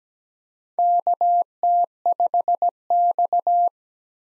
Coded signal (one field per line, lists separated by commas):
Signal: Morse code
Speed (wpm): 17 wpm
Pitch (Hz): 700 Hz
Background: none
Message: KT5X